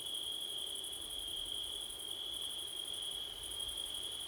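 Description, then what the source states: Crickets chirping in a dense chorus: a steady high ringing trill under a higher pulsing shimmer that briefly drops out, with a soft low hiss beneath. Crickets on a September night, with wind, recorded with a Blumlein stereo microphone pair.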